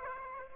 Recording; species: mosquito wingbeat signal from an infrared sensor; Aedes aegypti